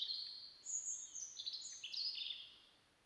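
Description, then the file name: European robin song: a string of high, clear whistled notes at shifting pitches, delivered quickly and tumbling slightly lower toward the end. "Erithacus rubecula"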